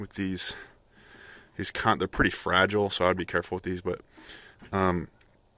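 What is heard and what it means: Someone talks while handling one of the fragile plastic latches that hold a stowed OEM Ford F-150 bed extender to the truck bed. Only speech and faint handling sounds are heard, and nothing has seated or clicked yet.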